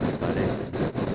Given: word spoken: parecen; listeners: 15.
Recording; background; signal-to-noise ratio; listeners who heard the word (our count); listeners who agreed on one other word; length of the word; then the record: one Spanish word in noise, from a listening test; noise modulated by three-talker babble; -5.9 dB; 0 of 15; 6 of 15; 0.75 s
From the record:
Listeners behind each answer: 6, 2, 1, 1, 1, 1, 1, 1, 1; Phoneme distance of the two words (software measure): 24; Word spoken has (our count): 3 syllables, 7 phonemes, stress on syllable 2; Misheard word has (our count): 2 syllables, 5 phonemes, stress on syllable 2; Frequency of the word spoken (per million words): 61.25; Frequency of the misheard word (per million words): 44.55